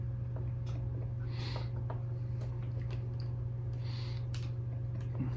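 A RAM stick is handled and lined up over a motherboard DIMM memory slot before being pressed home, with light scraping and tapping contacts over a steady low hum. Nothing has seated or clicked yet.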